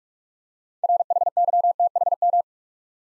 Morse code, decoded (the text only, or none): RHYTHM